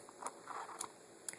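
A revolver cylinder is closed into the alloy frame of a 2011 Taurus M380 revolver after checking that the rounds are seated. A few soft ticks and rustles lead up to a sharp click at 1.3 s as the cylinder latches closed.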